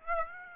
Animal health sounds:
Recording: mosquito wingbeat signal from an infrared sensor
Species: Aedes aegypti

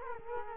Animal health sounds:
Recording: mosquito wingbeat signal from an infrared sensor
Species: Culex quinquefasciatus

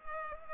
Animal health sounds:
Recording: mosquito wingbeat signal from an infrared sensor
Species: Culex pipiens

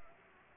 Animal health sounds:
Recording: mosquito wingbeat signal from an infrared sensor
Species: Culex pipiens

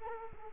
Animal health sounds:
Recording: mosquito wingbeat signal from an infrared sensor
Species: Culex quinquefasciatus

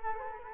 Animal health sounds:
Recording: mosquito wingbeat signal from an infrared sensor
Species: Culex quinquefasciatus

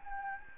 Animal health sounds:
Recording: mosquito wingbeat signal from an infrared sensor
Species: Anopheles gambiae

